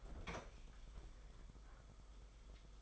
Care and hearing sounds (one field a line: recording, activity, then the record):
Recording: daily activity, microphone in the room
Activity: open fridge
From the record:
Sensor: 5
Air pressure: 991.2 hPa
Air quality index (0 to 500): 112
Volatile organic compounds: 29 ppm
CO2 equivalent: 2945 ppm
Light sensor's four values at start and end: 36/112/43/45 and 36/112/43/45